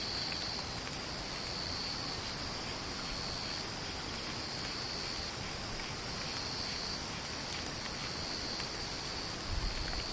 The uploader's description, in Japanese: ムシ